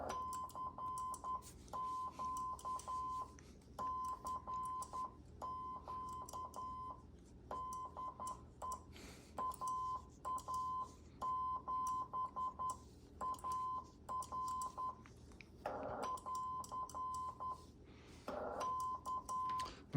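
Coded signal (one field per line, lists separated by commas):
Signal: Morse code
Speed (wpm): 10 wpm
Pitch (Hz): 1030 Hz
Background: none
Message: CQ CQ DE AA7AR <AR> K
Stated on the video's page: QRP CW at 5 watts from an MFJ-9040 on 40 m, 7029 and 7033 kHz, dipole antenna and MFJ-971 tuner, at 10, 11 and 14 wpm.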